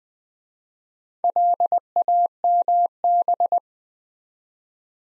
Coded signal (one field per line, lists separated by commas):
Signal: Morse code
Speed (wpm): 20 wpm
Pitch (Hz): 700 Hz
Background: none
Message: LAMB